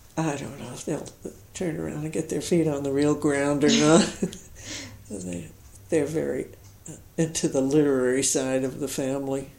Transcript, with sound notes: I don't know if they'll turn around and get their feet on the real ground or not. [Laughs] They're very into the literary side of the family.